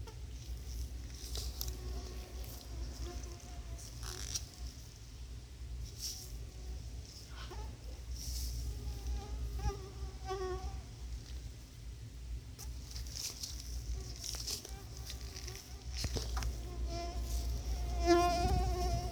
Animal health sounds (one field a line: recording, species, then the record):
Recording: mosquito flight sound by mobile phone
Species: Anopheles quadrimaculatus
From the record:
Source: Auburn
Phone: Sony Xperia